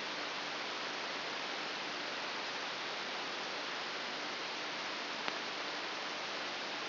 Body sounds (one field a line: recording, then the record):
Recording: brain microelectrode recording played as sound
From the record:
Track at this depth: inside the subthalamic nucleus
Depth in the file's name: 4.602 mm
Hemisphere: right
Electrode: 3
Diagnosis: Parkinson's disease